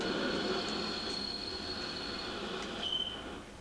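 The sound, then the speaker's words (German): A train slows to a halt again in Hall 3 of a freight station, its wheels squealing in sustained high-pitched tones over a broad rumbling roar that gradually eases off toward the end. “Der Zug hält ja schon wieder.”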